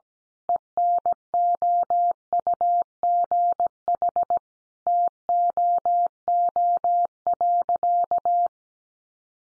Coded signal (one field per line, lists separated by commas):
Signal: Morse code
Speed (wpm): 17 wpm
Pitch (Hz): 700 Hz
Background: none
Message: ENOUGH TOO.